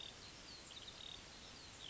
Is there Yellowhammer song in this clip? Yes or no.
no